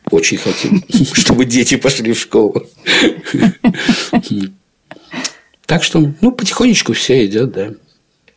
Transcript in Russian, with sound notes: Очень хотим, чтобы дети пошли в школу! (Смеется.) Так что, ну, потихонечку все идет, да.